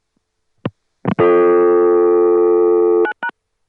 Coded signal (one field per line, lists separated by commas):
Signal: telephone call progress tone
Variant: North America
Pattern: dial tone